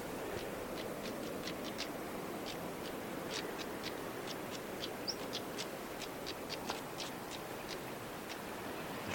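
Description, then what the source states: Stonechats giving sharp, dry ticking calls, repeated irregularly throughout, over steady soft background noise. A small chorus of stonechats calling from a dense bramble and bracken thicket beside a coast path on Anglesey, in mid-August.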